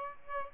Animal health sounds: mosquito wingbeat signal from an infrared sensor; Aedes aegypti

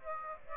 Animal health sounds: mosquito wingbeat signal from an infrared sensor; Aedes aegypti

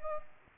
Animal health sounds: mosquito wingbeat signal from an infrared sensor; Aedes aegypti

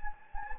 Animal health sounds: mosquito wingbeat signal from an infrared sensor; Anopheles gambiae

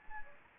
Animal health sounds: mosquito wingbeat signal from an infrared sensor; Anopheles gambiae

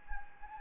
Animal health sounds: mosquito wingbeat signal from an infrared sensor; Anopheles gambiae

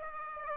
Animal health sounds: mosquito wingbeat signal from an infrared sensor; Aedes aegypti

